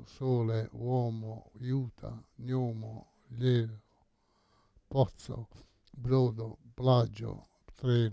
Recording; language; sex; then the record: read list of words; Italian; male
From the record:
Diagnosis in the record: Parkinson's disease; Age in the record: 68 years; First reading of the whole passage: 85 s, 6.1 characters per second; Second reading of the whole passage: 63 s, 8.2 characters per second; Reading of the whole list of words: 49 s, 5.8 characters per second